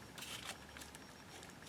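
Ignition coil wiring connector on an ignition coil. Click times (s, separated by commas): 0.8 s, 1.0 s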